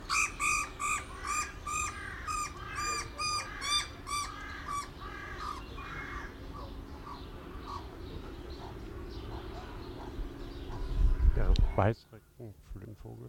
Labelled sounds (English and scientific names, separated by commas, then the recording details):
Australian Magpie (Gymnorhina tibicen)
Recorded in captivity
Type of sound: call, call sequence, cry
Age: adult
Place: Zoo Berlin, Berlin, DE
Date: 1993-02-20 14:44
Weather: 4 °C, heiter bis wolkig, böiger Wind
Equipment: Marantz CP 430, Sennheiser ME 80, Kopie Uher Variocord 263
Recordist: Tembrock, Günter
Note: Subspez. hypoleuca, Kurzlaute, agonistisch gegen Krähenstirnvogel